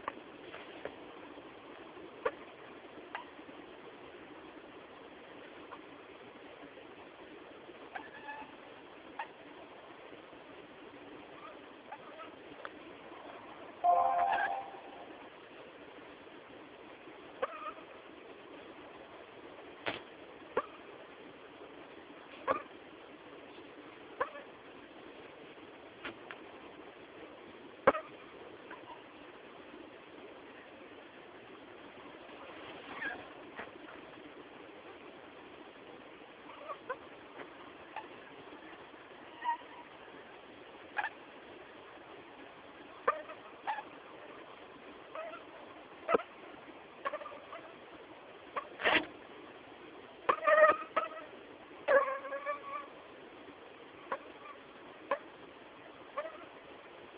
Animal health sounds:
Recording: mosquito flight sound by mobile phone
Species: Anopheles stephensi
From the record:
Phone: Samsung T209

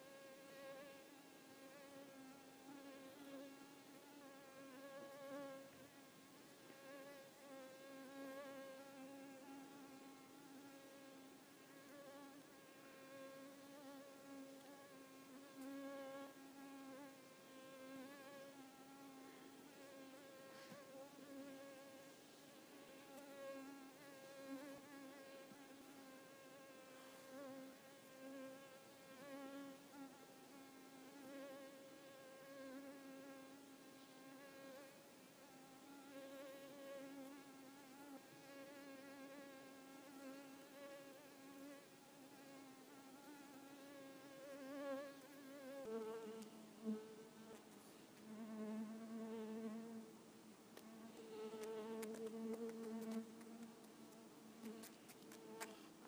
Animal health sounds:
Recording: mosquito flight sound by mobile phone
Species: Culiseta incidens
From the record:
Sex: female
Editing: snipped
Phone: iPhone 4S

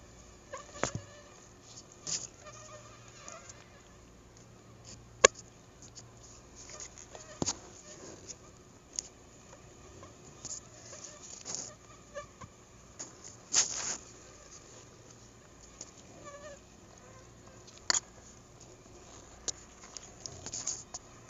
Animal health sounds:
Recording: mosquito flight sound by mobile phone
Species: Anopheles gambiae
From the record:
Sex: female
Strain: Akron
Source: CDC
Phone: Google Nexus

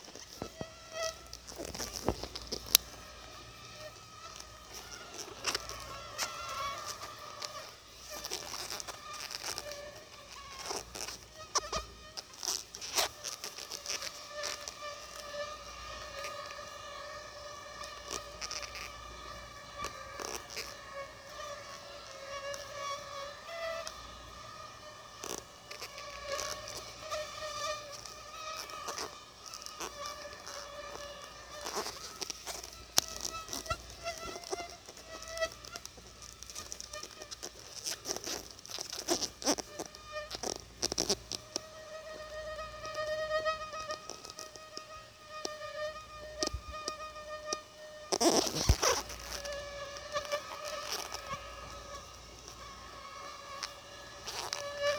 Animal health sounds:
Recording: mosquito flight sound by mobile phone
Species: Aedes albopictus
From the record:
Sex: female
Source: CDC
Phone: Sony Xperia

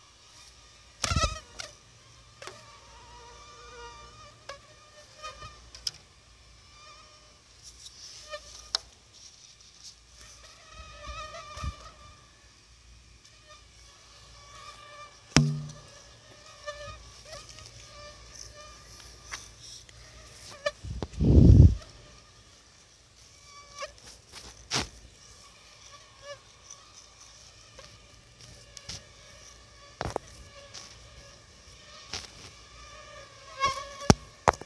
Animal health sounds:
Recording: mosquito flight sound by mobile phone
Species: Aedes aegypti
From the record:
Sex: female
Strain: 10130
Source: CDC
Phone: Sony Xperia

